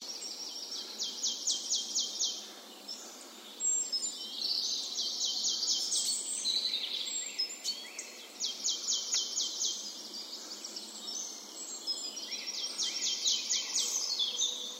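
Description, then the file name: Marsh tit calls: several quick runs of sharp, high, downslurred notes, with a steady hiss behind. "Poecile palustris"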